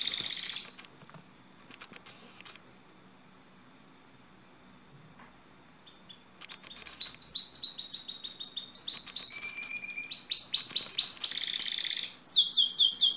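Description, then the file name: Canary song: a short buzzy burst, a long pause, then rapid rolling trills and sweeping whistled notes that grow louder and denser toward the end. "canto do canario lizard"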